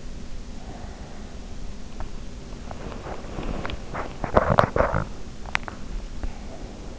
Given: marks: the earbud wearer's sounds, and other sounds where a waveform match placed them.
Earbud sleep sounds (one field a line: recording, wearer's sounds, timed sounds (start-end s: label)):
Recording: sounds in sleep by an in-ear microphone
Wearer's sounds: breath, body movement, teeth grinding, swallowing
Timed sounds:
0.42-1.89 s: breath
2.67-3.83 s: body movement
2.97-3.30 s: teeth grinding
3.92-5.08 s: teeth grinding
5.43-6.99 s: swallowing